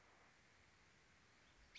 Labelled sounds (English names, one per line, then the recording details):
American Robin
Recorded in Sonoma County, California